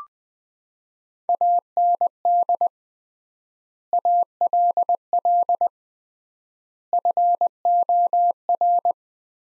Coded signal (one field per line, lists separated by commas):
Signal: Morse code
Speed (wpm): 21 wpm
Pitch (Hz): 700 Hz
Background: none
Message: AND ALL FOR